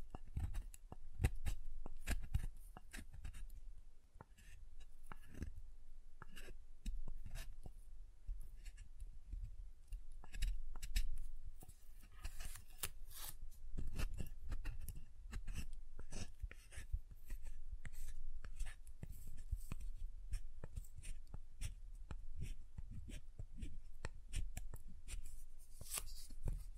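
Soft and hard soap is tapped and carved in a dense, irregular run of short clicks and scrapes that continues for the whole 27 seconds. Sharp bright ticks cluster around the middle, while a low soft thudding sits underneath throughout.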